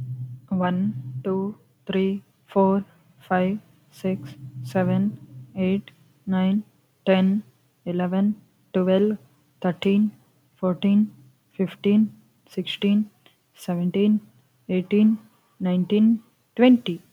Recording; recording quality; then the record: counting at a normal pace; excellent, no background noise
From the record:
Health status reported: recovered from COVID-19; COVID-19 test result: positive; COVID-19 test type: RT-PCR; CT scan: not taken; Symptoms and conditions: none ticked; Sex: female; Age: 24 years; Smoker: no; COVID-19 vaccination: none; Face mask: not worn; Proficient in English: no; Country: India